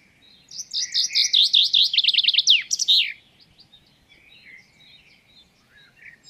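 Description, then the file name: Common chaffinch song: one full phrase of rapid, repeated notes descending to a sharp end flourish, followed by faint, scattered chirps. "Fringilla coelebs"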